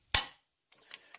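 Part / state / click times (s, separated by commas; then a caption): torque wrench on wheel hub axle nut / torque reached / 0.1 s. A torque wrench set to 173 ft-lb tightens the axle nut on a Chevy Traverse wheel bearing hub assembly and gives one sharp, loud click at 0.2 s, the signal to stop tightening because the nut has reached the manufacturer's specification. Three much fainter short ticks follow at about 0.7, 0.9 and 1.2 s.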